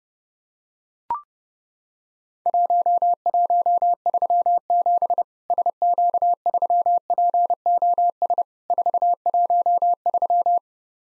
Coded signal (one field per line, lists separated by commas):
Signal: Morse code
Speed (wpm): 32 wpm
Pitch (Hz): 700 Hz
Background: none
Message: 1137 SQ3POS 413